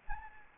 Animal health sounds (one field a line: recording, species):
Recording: mosquito wingbeat signal from an infrared sensor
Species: Anopheles arabiensis